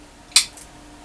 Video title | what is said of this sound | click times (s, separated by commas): Handheld Group Nautiz X2 Box Opening | and you would you could snap it out and then put in the proper one for the next country so that's nice that | 0.4 s